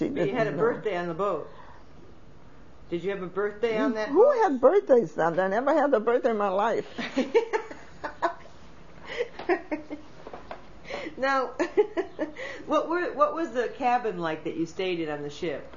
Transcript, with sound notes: So you had a birthday on the boat. Did you have a birthday on that boat?
Who had birthdays then? I never had a birthday in my life.
( she laughs ) Now, what was the cabin like that you stayed in on the ship?